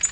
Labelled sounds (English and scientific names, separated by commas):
Black-throated Green Warbler (Setophaga virens) flight call